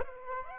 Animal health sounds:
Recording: mosquito wingbeat signal from an infrared sensor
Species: Aedes aegypti

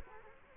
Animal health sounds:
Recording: mosquito wingbeat signal from an infrared sensor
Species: Culex quinquefasciatus

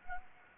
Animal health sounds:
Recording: mosquito wingbeat signal from an infrared sensor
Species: Anopheles gambiae

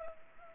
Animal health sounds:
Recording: mosquito wingbeat signal from an infrared sensor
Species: Culex pipiens

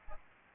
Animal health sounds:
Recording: mosquito wingbeat signal from an infrared sensor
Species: Aedes albopictus

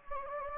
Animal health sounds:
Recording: mosquito wingbeat signal from an infrared sensor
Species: Anopheles gambiae

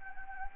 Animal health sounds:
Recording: mosquito wingbeat signal from an infrared sensor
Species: Anopheles gambiae

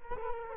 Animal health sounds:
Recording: mosquito wingbeat signal from an infrared sensor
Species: Culex quinquefasciatus

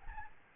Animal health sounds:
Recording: mosquito wingbeat signal from an infrared sensor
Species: Aedes albopictus

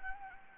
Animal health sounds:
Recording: mosquito wingbeat signal from an infrared sensor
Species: Anopheles gambiae

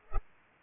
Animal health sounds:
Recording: mosquito wingbeat signal from an infrared sensor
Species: Culex pipiens

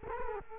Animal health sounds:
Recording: mosquito wingbeat signal from an infrared sensor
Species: Culex quinquefasciatus

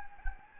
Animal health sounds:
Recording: mosquito wingbeat signal from an infrared sensor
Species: Anopheles gambiae

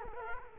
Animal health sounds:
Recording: mosquito wingbeat signal from an infrared sensor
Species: Culex quinquefasciatus

